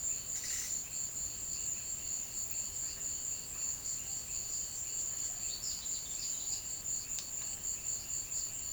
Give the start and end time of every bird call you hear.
[5.42, 6.63] bird call (3.0-6.7 kHz)

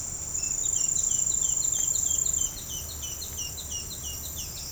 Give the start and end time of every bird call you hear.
[0.30, 4.64] bird call (2.0-6.8 kHz)

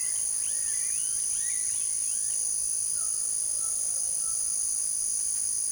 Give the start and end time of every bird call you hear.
[0.00, 2.37] bird call (0.7-3.9 kHz)
[2.91, 4.49] bird call (0.8-1.9 kHz)

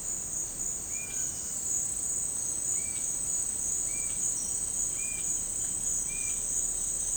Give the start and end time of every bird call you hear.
[0.84, 1.20] bird call (1.6-2.8 kHz)
[2.71, 7.17] bird call (2.2-2.7 kHz)

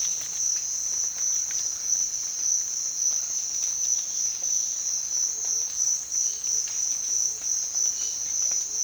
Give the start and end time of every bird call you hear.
[5.22, 8.84] bird call (0.2-0.9 kHz)

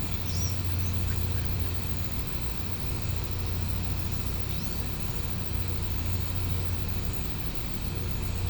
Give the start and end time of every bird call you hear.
[0.26, 0.51] bird call (3.6-10.3 kHz)

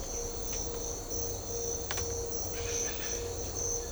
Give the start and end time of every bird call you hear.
[2.53, 3.32] bird call (1.0-4.0 kHz)

